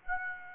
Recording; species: mosquito wingbeat signal from an infrared sensor; Aedes aegypti